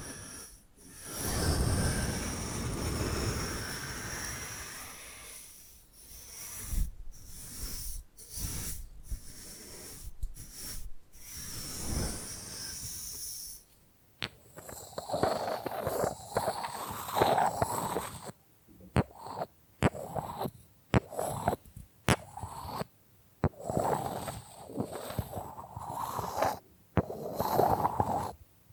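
Bamboo being brushed and scratched, first as a long, steady hissing rub with a low rumble under it, broken by brief silent gaps. After about fourteen seconds it turns choppy: quick, uneven bursts of scraping and tapping with frequent short pauses.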